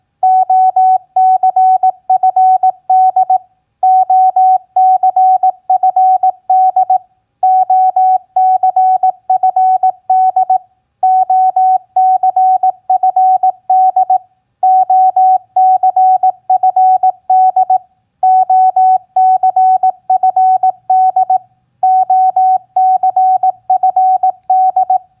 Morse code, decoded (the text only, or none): OCFD OCFD OCFD OCFD OCFD OCFD OCFD